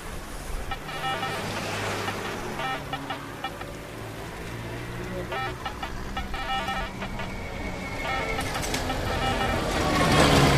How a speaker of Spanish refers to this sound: Son casi las 21 de un jueves de septiembre. Me voy del abasto. Llueve apocalípticamente.